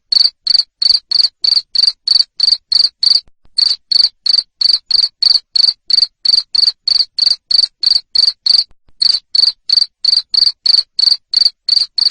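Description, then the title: Cricket delivering long runs of loud, high chirps at about three per second, separated by two brief pauses. Loud cricket chirping used to stimulate lovebirds into continuous singing. "Suara JANGKRIK NGERIK Keras Bikin LOVEBIRD Jadi NGEKEK Terus"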